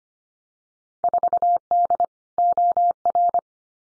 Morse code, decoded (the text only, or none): 4D OR